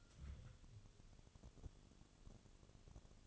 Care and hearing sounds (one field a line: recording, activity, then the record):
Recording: daily activity, microphone in the room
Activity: take from stove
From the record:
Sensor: 4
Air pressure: 1008.8 hPa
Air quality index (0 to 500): 122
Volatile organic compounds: 1 ppm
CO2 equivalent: 894 ppm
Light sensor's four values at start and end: 10/24/9/9 and 10/24/9/9